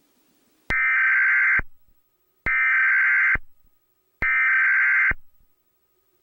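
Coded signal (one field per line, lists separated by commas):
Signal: Emergency Alert System (SAME) tones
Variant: header bursts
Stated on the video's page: Fictional EAS scenario about an alien attack.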